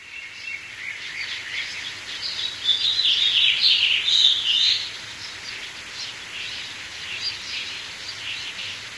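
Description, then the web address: Many small birds chirp and trill together, swelling to a dense burst of twittering in the middle before easing back, over a faint steady high hum. Birds in a forest setting. "forest with birds"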